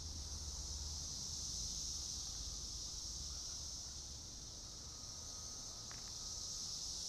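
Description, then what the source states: Periodical cicada chorus, a dense high hissing buzz that stays loud and nearly steady, with a soft low rumble underneath. Brood X periodical cicadas during 17-year emergence; described as sounding alien; sounds said to differ by time of day.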